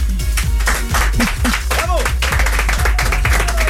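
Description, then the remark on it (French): A loud crowd in front of a yacht in Cannes at the NRJ Music Awards 2013 cheers and claps steadily, with dense overlapping claps and excited shouts and whistles rising above the roar, sustained throughout. “Faites un maximum de bruit, vous qui êtes devant le bateau, un maximum de bruit”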